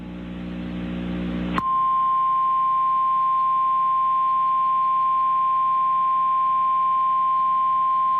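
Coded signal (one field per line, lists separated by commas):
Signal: Emergency Alert System (SAME) tones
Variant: 853 and 960 Hz attention tone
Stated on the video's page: SAME tones of Hurricane Florence alerts caught live on weather radio stations KHB31, KEC84, WXL58, WNG706 and FM station WERO-FM.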